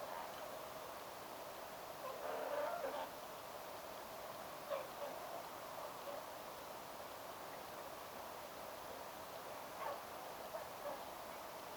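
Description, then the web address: Whooper swan social calls, a longer wavering tonal note early on, then brief scattered calls against a constant hiss. Whooper swan family with cygnets giving social calls, young calling, at close range at a barn swallow nesting site, 29 October 2025, taken directly from the recorder. "paivat 29 10 2025 haarapaaskysen pesapaikan laulujoutsenpesue aantelee lahiaania sosiaalisia poikasten aantelyja suoraan aanittimesta"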